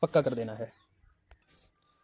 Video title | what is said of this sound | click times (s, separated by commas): Engine rebuild - super splender full engine fitting - full detail video | तो दोस्तों इस तरह से नोज प्लायर की हेल्प से आप इसको दबा सकते हैं और ये पूरी तरह से लॉक हो गया | 1.3 s